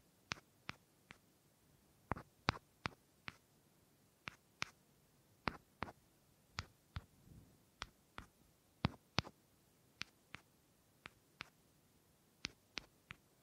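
Wood triggers: sharp, dry taps and clicks on wood, each one brief and crisp. They come irregularly, roughly two per second, sometimes in quick pairs, with near silence between them and a faint soft rustle around the seventh second.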